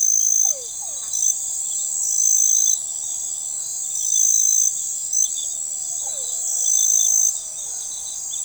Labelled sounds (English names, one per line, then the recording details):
none
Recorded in forest near Pivijay, Magdalena, Colombia, on 17 April 2023 at 02:30
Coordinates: 10.467, -74.380
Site Z5-G034